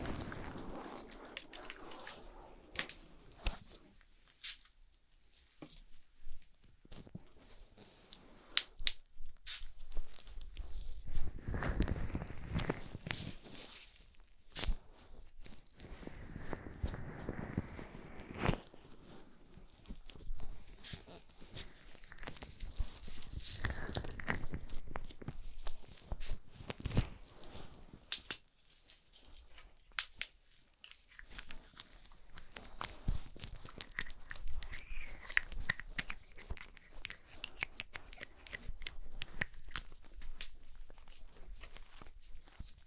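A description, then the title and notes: Ear cleaning with no talking: rustling, scraping and crackling come in bursts, with sharp clicks and taps scattered throughout. Quieter gaps around 5, 14 and 29–31 seconds break up denser stretches, and some passages sound softly muffled and low. ASMR Twin Ear Cleaning No Talking.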